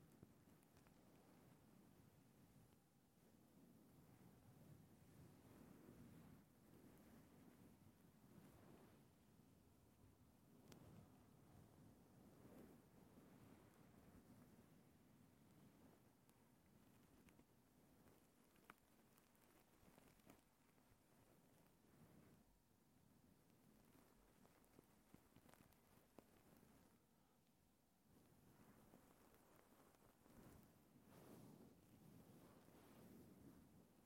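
Soft, muffled tapping and faint crackling on a fluffy surface over a steady low rushing hum, with a few sharper clicks scattered throughout.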